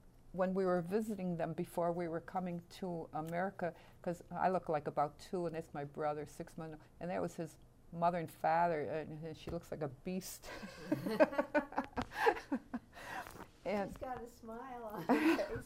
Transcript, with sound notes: when we were visiting them before we were coming to America because I look like about two and that's my brother, six months. And that was his mother and father. She looks like a beast. [Laughs]
She's got a smile on her face,